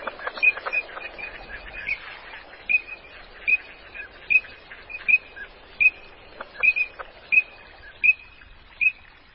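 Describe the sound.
Green-winged teal calls: short, high whistled peeps repeated about every three-quarters of a second in a steady series, over faint background hiss.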